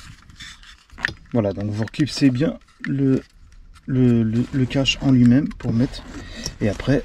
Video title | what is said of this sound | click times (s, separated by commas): FITCAMX installer dashcam RENAULT CLIO 4 | Donc vous reclipsez | 1.1 s